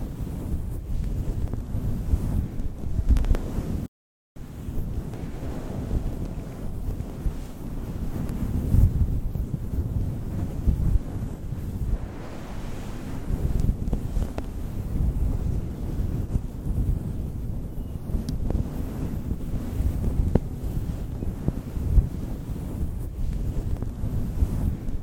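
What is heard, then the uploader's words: Steady low rumble of wind buffeting a microphone through a fluffy cover, with a brief dead silence around four seconds and faint clicks. The fluffy mic cover!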